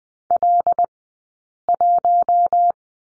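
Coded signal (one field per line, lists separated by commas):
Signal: Morse code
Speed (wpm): 20 wpm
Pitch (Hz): 700 Hz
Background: none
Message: L1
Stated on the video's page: Morse lesson for the letter L at Farnsworth speed 20/10 wpm.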